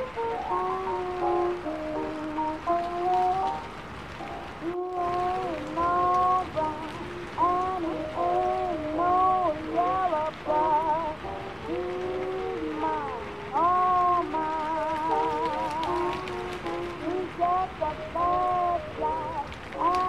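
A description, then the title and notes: Old-style music drifts in muffled from another room, a voice carrying a wavering melody with steady backing throughout, cutting out for an instant near the five-second mark. Rain patters underneath as a constant soft hiss, filling the low end. Oldies playing in another room and it's raining ( it's a great night).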